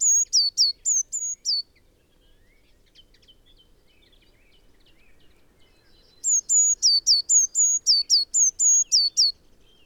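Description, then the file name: Eurasian blue tit uttering a short run of sharp, high falling notes, then a pause, then a longer, brisk run of the same repeated notes. "Cyanistes caeruleus"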